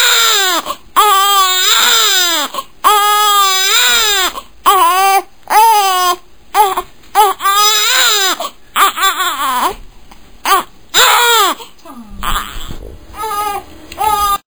Daily life baby crying out sound effect.